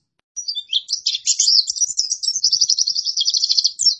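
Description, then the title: White-eye song: a continuous rapid high twitter of jumbled chirps and trills, steady throughout without pause. Masteran (tutor) recording of a vigorously singing (gacor) pleci white-eye, used to train caged songbirds. "Pleci Gacor. Masteran Burung PLECI"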